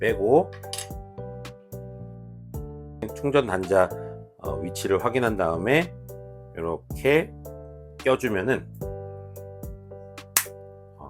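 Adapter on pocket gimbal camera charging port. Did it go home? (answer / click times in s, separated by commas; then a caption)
yes / 10.4 s. An adapter is lined up with the charging port on the base of a DJI Osmo Pocket 2 pocket gimbal camera and pressed on. Over music, someone talks, and the adapter snaps into place with a sharp click at 10.4 s.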